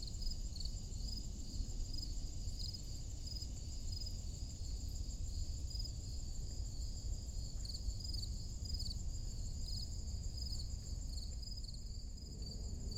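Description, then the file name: Crickets give continuous high rhythmic chirps in layered bands, over a steady low background rumble. Forest clearing on a summer morning. "Crickets in Forrest Clearing on Summer Morning"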